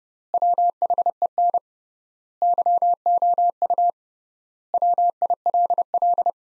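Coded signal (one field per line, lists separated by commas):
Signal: Morse code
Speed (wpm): 30 wpm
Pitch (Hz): 700 Hz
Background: none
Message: WHEN YOU WILL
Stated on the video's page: Morse practice of sentences from the top 300 words at 30 wpm with 3x word spacing, a method analogous to Farnsworth.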